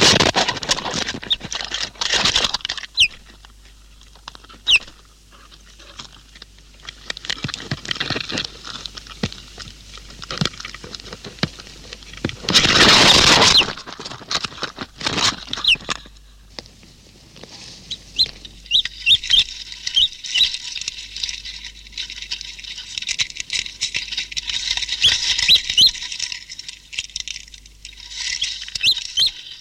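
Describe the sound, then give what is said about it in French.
High, thin cheeps from a newly hatched chick as its shell breaks repeat in quick scattered bursts over light scratching and tapping, with a brief louder rustling burst partway through. No one speaks. “La coquille se brise, les cris éclatent.”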